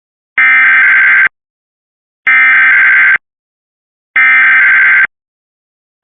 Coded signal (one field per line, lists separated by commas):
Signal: Emergency Alert System (SAME) tones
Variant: header bursts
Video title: First EAS of 2025! (With an error) Required Weekly Test EAS (Cox) 1/01/25